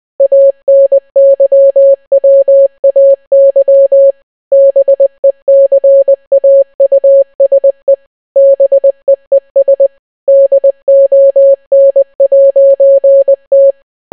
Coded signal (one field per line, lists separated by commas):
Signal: Morse code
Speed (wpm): 20 wpm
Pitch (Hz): 550 Hz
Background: none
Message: ANYWAY BECAUSE BEES DON'T